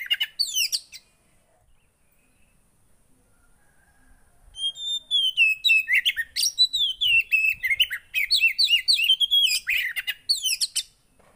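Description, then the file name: Oriental magpie-robin: a quick chirpy flourish, a near-silent pause, then a long bright run of repeated whistled notes, rising and falling, ending in sharp chirps. Song that makes a caged kacer (magpie-robin) immediately agitated and excited. "Burung kacer anda langsung emosi dengar ini"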